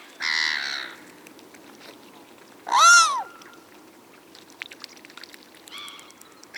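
Bird calls: three harsh harmonic notes, the middle one arched and strongest, the last much fainter, with faint scattered clicks between them over a low background hiss.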